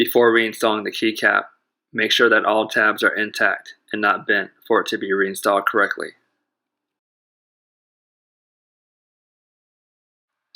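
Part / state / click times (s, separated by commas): plastic laptop key cap onto keyboard hinge clip / not seated / none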